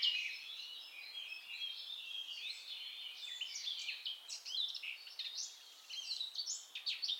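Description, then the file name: Eurasian blackcap song, a softer rambling warble of quick chattering and whistled notes over a steady background hiss. "Sylvia atricapilla"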